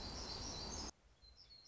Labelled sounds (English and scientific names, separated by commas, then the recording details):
Black-throated Gray Warbler (Setophaga nigrescens)
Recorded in Sonoma County, California